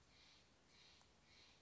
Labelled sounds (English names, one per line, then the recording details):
Steller's Jay
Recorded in Sonoma County, California